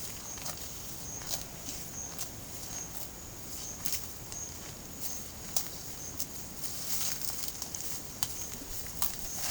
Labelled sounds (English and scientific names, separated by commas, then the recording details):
none
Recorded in pastures near Puerto Asís, Putumayo, Colombia, on 25 June 2025 at 10:30
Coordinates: 0.472, -76.331
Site G095